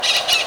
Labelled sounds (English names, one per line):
Brown-throated Parakeet contact call